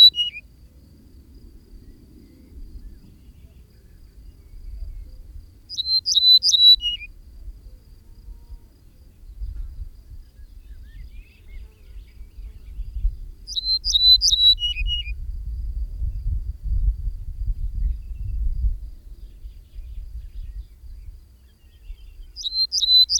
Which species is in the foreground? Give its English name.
Ortolan Bunting